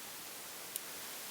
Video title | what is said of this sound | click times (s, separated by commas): Elite - Setup pt. 3 | you'll hear that click and then if we swap sides so I can use my dominant right hand | 0.8 s